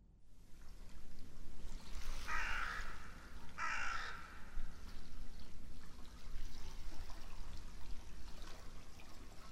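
Bird calls, two coarse rasping notes in close succession, with rumbling background noise throughout.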